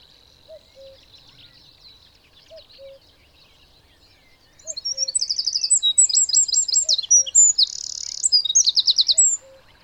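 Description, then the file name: Eurasian wren song bursts in halfway, a loud high rattle of rapid trills and buzzy notes lasting about five seconds, while a low two-note call repeats every two seconds throughout. "Troglodytes troglodytes"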